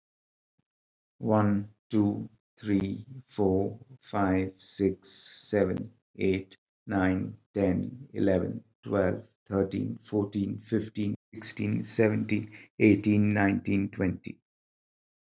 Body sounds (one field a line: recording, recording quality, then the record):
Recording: counting at a normal pace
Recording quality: excellent, no background noise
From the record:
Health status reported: healthy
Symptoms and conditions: none ticked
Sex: male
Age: 47 years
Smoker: yes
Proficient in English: yes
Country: India